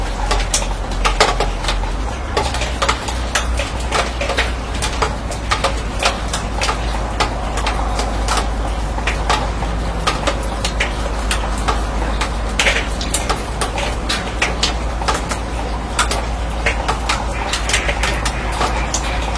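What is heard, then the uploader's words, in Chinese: Rain drips onto a steel roof, each drop a sharp metallic tick scattered densely and irregularly through the whole stretch. A steady low hum and a faint ringing tone sit underneath, and the level stays even throughout without building or fading. 乡村晨雨【一小时纯音】- 在迷雾中被雨水唤醒的清晨、倾听远方鸟鸣。雨水滴落在钢铁顶棚。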